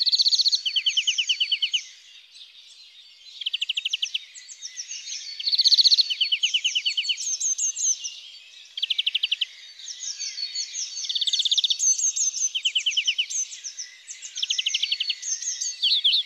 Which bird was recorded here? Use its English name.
European Greenfinch